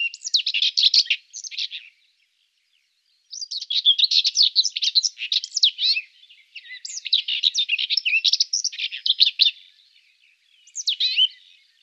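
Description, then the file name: Common whitethroat song: several short, scratchy, chattering warble phrases separated by pauses. "Greater Whitethroat"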